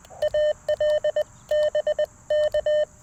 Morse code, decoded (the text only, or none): AL BK